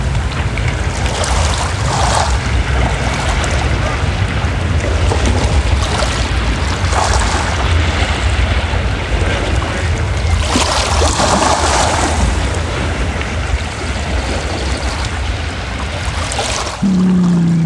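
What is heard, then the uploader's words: Waves wash onto a beach in a dense, unbroken roar with a heavy low rumble underneath. Brighter surges rise every few seconds, around the second, seventh and eleventh seconds. Near the end the wash cuts off abruptly into a steady low hum. Alone on a Novigrad beach. Recorded in Novigrad, Croatia on the afternoon.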